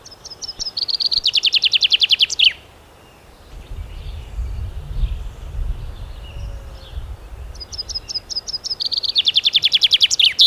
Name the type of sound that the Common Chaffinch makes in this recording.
song